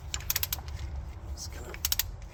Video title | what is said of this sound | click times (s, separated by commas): How To Install Pistons and Liners. | pick a side until it clicks click click I'll double | 0.3 s, 1.9 s